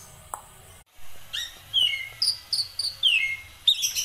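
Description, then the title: Black-winged myna: thin, high whistled notes sliding downward in short phrases, with faint background hum and a few clicks. Dense, busy song with many variations, used as tutor song for training songbirds. "Kicauan Rapat Jalak Putih Gacor Banyak Variasi Untuk Masteran"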